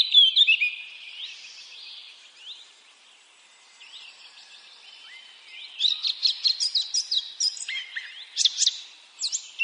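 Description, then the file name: Eurasian blackcap song: a brief loud burst, then soft, quiet warbling, then louder, rapid chattering phrases in the second half. "Sylvia atricapilla"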